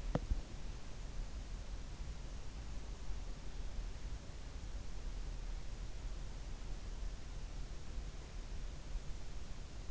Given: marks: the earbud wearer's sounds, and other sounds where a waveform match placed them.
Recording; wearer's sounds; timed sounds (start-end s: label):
sounds in sleep by an in-ear microphone; teeth grinding
0.00-0.45 s: teeth grinding